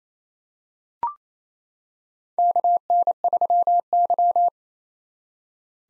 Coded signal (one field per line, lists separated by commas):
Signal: Morse code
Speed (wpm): 28 wpm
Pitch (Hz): 700 Hz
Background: none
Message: KN3Y